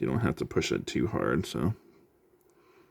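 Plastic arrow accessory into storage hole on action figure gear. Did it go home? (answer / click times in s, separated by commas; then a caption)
no / none. A small plastic arrow accessory is slid into a storage hole on the gear of a Hasbro G.I. Joe Classified Series Storm Shadow action figure and pushed down while someone talks. After the talking stops, two faint, short ticks are heard around 2.4 and 2.5 seconds against a quiet background. Nothing has seated or clicked into place yet.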